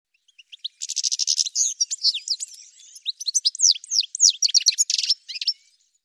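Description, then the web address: Bird singing a rapid, varied jumble of high chirps, buzzy bursts and swooping whistled notes, packed closely over about five seconds with no other sounds. "cianscape birddata"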